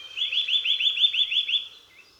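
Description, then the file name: Eurasian nuthatch giving a rapid series of about eight slurred notes, then a short softer note. "Kowalik"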